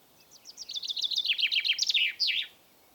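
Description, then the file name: Common chaffinch delivering a full song: a rapid, tumbling trill of high downward notes building in loudness, then a short emphatic ending flourish. "Fringilla coelebs"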